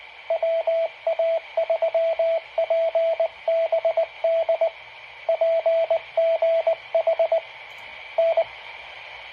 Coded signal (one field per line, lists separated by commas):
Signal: Morse code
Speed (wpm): 19 wpm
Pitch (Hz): 660 Hz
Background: radio noise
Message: WA3PBD PGH N